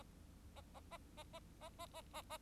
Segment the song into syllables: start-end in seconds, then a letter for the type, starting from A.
0.56-0.61 A, 0.74-0.80 A, 0.91-0.97 A, 1.17-1.23 A, 1.33-1.39 A, 1.61-1.69 A, 1.78-1.86 A, 1.94-2.01 A, 2.13-2.22 A, 2.30-2.37 A